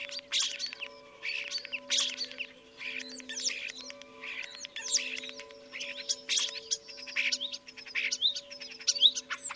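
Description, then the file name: Common starling song, harsh buzzy bursts and rattling clusters alternating with squeaky whistles, a restless varied stream of sound over a faint steady hum. "life dviete. sturnus vulgaris"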